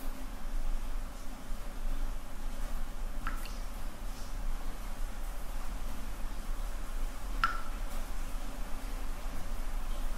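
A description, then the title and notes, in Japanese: Rain falls as a steady, even hiss with a constant low hum underneath. Two distinct water drops land sharply, one a little past three seconds and another around seven and a half, each with a brief bright ring. 雨と水滴の音。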